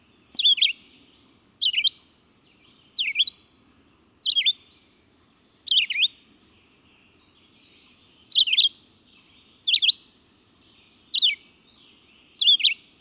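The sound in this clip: Red-eyed vireo song of brief whistled phrases, each shaped differently, given at short, fairly even intervals with one longer pause midway; quiet background.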